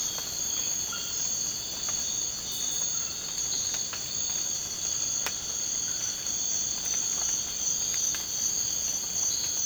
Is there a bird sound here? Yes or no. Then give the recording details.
no. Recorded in dense forest near Puerto Asís, Putumayo, Colombia, on 19 March 2025 at 01:30. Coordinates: 0.481, -76.323. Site G088